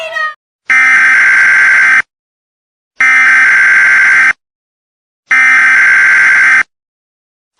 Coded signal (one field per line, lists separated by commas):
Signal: Emergency Alert System (SAME) tones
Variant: header bursts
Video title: |EAS SCENARIO: THE GIANT LOCUSTS|